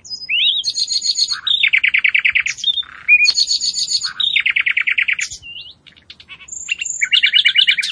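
Bird singing busy, changing phrases of fast chattering trills and sharp upslurred chirps, with a brief quiet pause and a few high clear whistles near the end.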